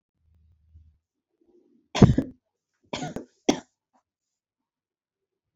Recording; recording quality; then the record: shallow voluntary cough; excellent, no background noise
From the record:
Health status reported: COVID-19 positive, mild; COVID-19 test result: positive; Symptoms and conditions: cough, fatigue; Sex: female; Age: 37 years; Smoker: not ticked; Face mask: worn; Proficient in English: yes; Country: India